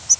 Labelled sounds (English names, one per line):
Yellow-rumped Warbler flight call